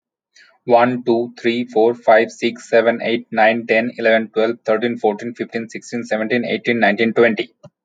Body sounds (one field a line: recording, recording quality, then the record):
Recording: counting at a fast pace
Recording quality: excellent, no background noise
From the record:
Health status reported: healthy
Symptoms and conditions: none ticked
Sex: male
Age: 32 years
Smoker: not ticked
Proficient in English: yes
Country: India